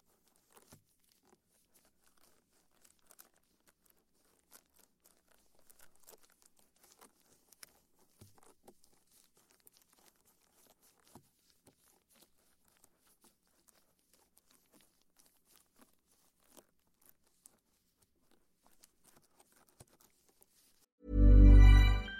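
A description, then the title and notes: Soft ear brushing and cotton swab strokes make faint, scattered scratchy ticks and light crinkles, sparse and uneven through most of the clip. Near the end, at about 21 seconds, a sudden loud, low, muffled rush cuts in, like the ear being cupped. Immerse yourself in the soothing sounds of gentle ear brushing, careful ear cupping, and soft cotton swab strokes.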